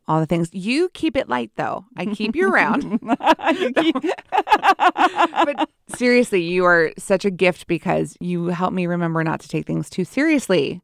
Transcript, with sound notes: All the things—you keep it light though. [laughs] I keep you around. [laugh builds] Seriously, you are such a gift, because you help me remember not to take things too seriously.